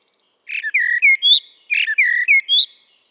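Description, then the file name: Eurasian blackbird delivering two similar short song phrases of fluty warbled notes, each closing with a thin rising squeak, separated by a short pause. "Turdus merula"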